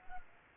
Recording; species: mosquito wingbeat signal from an infrared sensor; Culex pipiens